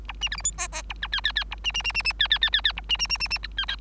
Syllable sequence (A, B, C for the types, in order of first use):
A B C D E F F A G H H H A B B B B B H H H H H A B B B B B G H H